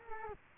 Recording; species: mosquito wingbeat signal from an infrared sensor; Culex quinquefasciatus